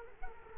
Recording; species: mosquito wingbeat signal from an infrared sensor; Culex quinquefasciatus